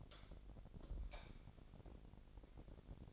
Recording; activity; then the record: daily activity, microphone in the room; light off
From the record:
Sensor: 5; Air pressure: 1012.0 hPa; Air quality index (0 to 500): 248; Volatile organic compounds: 4 ppm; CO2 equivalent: 1687 ppm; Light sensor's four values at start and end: 42/99/41/44 and 41/94/39/42